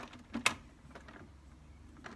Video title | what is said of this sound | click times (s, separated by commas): How to Assemble Chiccos Next2Me Crib I Parenting Vlog I Chiccos Next2Me Crib | goes into there click | 0.5 s